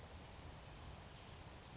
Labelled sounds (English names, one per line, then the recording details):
Brown Creeper
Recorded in Sonoma County, California